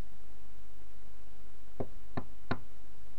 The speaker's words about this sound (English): There is a knock at the door.